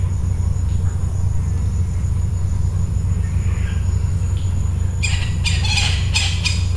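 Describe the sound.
Bird giving a quick run of short, raspy squawks toward the end, following a quiet stretch of low droning hum.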